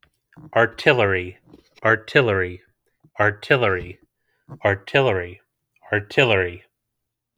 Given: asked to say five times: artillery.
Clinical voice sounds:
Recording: repeated word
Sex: male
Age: 30 to 39 years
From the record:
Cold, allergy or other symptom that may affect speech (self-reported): no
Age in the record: 31 years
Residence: New Jersey, United States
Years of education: 17

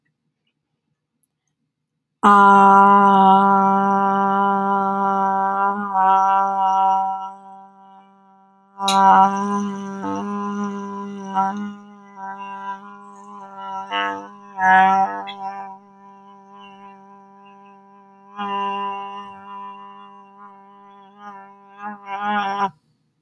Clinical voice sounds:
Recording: vowel held as long as possible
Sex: female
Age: 20 to 29 years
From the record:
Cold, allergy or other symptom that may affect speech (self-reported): no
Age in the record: 21 years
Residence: Connecticut, United States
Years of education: 15

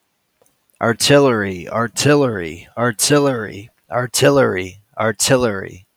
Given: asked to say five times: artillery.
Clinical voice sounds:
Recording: repeated word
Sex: male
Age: 30 to 39 years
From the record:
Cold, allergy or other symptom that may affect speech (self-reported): no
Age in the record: 31 years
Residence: California, United States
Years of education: 16

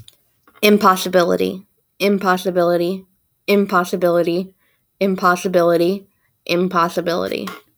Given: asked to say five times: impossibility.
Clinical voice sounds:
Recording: repeated word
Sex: female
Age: 20 to 29 years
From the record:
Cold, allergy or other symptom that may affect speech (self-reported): no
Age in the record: 28 years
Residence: Mississippi, United States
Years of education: 24

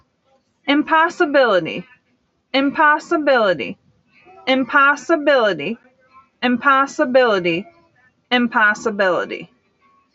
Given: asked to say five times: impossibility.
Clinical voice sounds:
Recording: repeated word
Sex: female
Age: 30 to 39 years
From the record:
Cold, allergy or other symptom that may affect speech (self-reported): no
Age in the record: 37 years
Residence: New York, United States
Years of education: 13

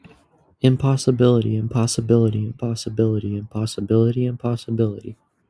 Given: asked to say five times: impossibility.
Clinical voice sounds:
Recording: repeated word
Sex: male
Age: 20 to 29 years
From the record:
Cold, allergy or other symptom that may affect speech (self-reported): no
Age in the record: 20 years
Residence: Massachusetts, United States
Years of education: 13

